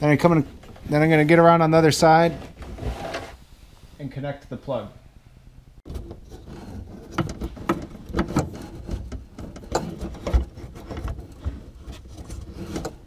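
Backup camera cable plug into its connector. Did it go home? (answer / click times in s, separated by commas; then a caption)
no / none. Someone talks while handling the backup camera cable plug and its connector behind the tailgate handle of a 2017 F-150. Short, sharp handling sounds and knocks follow. The plug has not seated or clicked yet.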